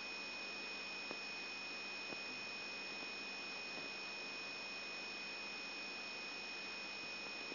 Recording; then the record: brain microelectrode recording played as sound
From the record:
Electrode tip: outside the subthalamic nucleus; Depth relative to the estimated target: -3 mm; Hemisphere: right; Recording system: AlphaMap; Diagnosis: Parkinson's disease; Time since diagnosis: 14 years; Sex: male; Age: 66 years